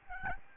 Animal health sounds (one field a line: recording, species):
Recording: mosquito wingbeat signal from an infrared sensor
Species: Aedes albopictus